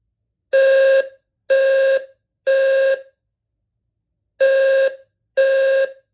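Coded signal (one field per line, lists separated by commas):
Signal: alarm pattern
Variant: low-frequency 520 Hz horn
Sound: harsh low buzzing horn: three half-second blasts, a pause, then two more blasts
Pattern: temporal three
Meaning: Temporal-3 pattern signals everyone to evacuate the building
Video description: Quick test of my red Eaton Wheelock ELFHN wall-mounted low frequency remote horn on Temporal 3.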